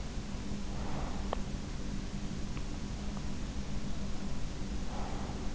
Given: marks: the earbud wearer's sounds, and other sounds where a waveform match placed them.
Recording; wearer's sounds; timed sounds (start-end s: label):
sounds in sleep by an in-ear microphone; breath
0.58-1.49 s: breath
4.64-5.55 s: breath